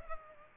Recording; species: mosquito wingbeat signal from an infrared sensor; Culex pipiens